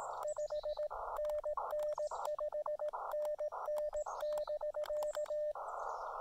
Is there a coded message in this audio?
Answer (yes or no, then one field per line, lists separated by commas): yes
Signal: Morse code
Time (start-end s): 0.3-5.5 s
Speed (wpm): 16 wpm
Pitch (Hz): 590 Hz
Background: none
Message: 5NN 5NN <BK>